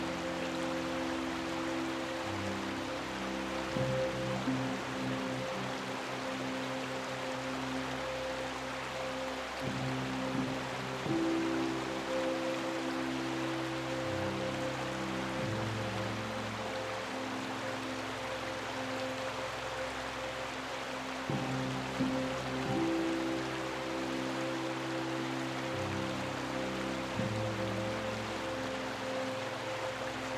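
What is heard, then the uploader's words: A soft piano lullaby of low, sustained notes plays over a constant rush of flowing stream water. The chords shift slowly, with new phrases around ten and twenty-two seconds, while the water hiss stays steady and even throughout. Calming Piano Music with Water Sounds. A calming piano lullaby flows with a rushing stream.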